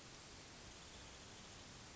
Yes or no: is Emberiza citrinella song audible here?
no